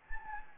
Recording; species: mosquito wingbeat signal from an infrared sensor; Anopheles gambiae